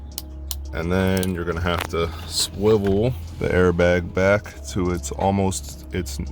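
The yellow airbag connector is pressed into its port on the steering wheel airbag module and its tab pushed down while installing an aftermarket steering wheel on a Dodge Dart. Two sharp clicks sound at 0.2 s and 0.5 s as the connector seats, and then someone talks.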